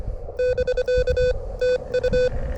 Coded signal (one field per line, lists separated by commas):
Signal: Morse code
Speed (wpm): 23 wpm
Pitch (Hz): 500 Hz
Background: none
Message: <BK> TU